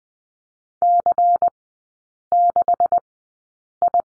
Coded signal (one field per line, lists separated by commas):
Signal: Morse code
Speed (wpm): 20 wpm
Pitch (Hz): 700 Hz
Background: none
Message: C6I